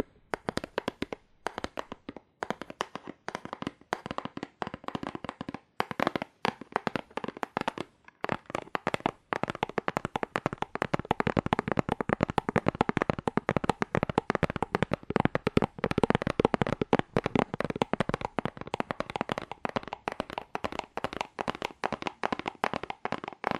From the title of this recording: Fast Aggressive Cardboard Tapping